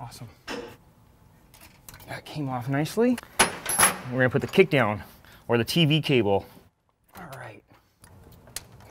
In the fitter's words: There. Pops into place.